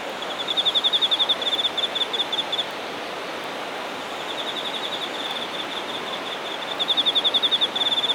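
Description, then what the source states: Insects singing high pulsed trills in bursts, loud near the start and end with a quieter stretch between, over steady background hiss. Shinagawa, Japan.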